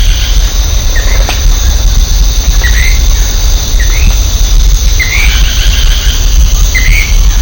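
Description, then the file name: Golden-crowned manakin singing a short, upslurred note repeated several times at uneven intervals over a steady high insect drone and low rumble. "canto do dancador de coroa dourada"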